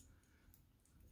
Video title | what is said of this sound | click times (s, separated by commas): my side bag and edc dump | but yeah you see that it just twists and then kind of locks into place whenever you're done you just | 0.5 s